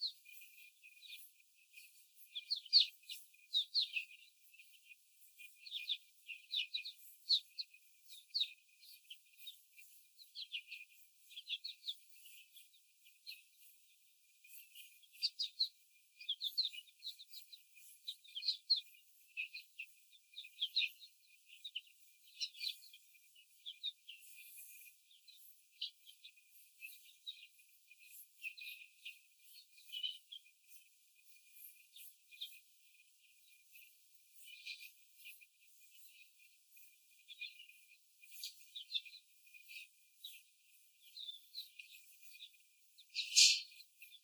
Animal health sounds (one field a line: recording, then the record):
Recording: young laying hens in a cage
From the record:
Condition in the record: after the stressor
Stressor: simulated dog barking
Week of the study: 4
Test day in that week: 1